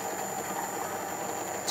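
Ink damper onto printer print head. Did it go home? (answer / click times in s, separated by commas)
no / none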